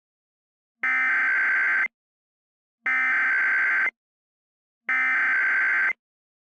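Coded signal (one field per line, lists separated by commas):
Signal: Emergency Alert System (SAME) tones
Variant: header bursts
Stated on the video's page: Fictional EAS scenario about a tornadic phenomenon, not a real alert.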